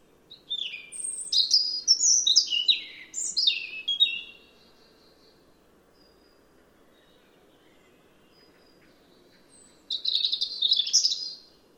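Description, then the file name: European robin song: a long phrase of varied, high, slurred whistles falling in steps, then quiet, then a shorter twittering burst near the end. "Erithacus rubecula"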